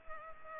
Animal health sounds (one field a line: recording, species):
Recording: mosquito wingbeat signal from an infrared sensor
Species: Culex pipiens